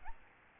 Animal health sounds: mosquito wingbeat signal from an infrared sensor; Aedes albopictus

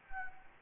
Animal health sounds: mosquito wingbeat signal from an infrared sensor; Anopheles gambiae

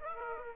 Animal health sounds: mosquito wingbeat signal from an infrared sensor; Aedes aegypti

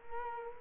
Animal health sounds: mosquito wingbeat signal from an infrared sensor; Culex quinquefasciatus

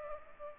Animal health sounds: mosquito wingbeat signal from an infrared sensor; Culex pipiens

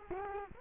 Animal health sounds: mosquito wingbeat signal from an infrared sensor; Culex quinquefasciatus

